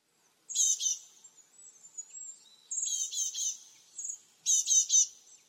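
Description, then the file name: Great tit giving short bursts of buzzy, rattling notes, three bursts with thin high notes between them. "Parus major"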